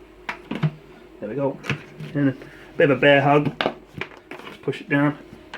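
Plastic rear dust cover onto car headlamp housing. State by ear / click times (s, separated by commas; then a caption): not seated / none. Someone talks while squeezing a plastic rear dust cover in a bear hug and pushing it down onto a Ford Mondeo headlamp housing, sealing it over the new 6000K HID bulb. Short sharp handling knocks sound around 0.3, 0.5, 0.6, 4.0 and 4.3 seconds. Nothing has seated or clicked yet.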